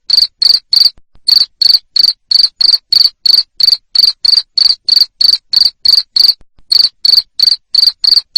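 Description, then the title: Cricket chirping loudly in quick regular bursts, roughly three a second, broken by two short pauses. Loud cricket chirping used to stimulate lovebirds to sing continuously. "Suara JANGKRIK NGERIK Keras Bikin LOVEBIRD Jadi NGEKEK Terus Vubey"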